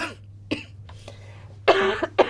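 A few harsh, noisy, mucus-laden cough bursts from an adult woman who is very phlegmy and coughs heavily all through the night, following an ear inflammation and respiratory infection.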